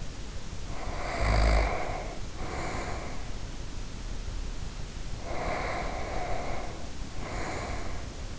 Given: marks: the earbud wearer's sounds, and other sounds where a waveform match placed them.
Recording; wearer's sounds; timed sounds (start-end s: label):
sounds in sleep by an in-ear microphone; snoring breath, breath
0.60-3.62 s: snoring breath
5.11-8.39 s: breath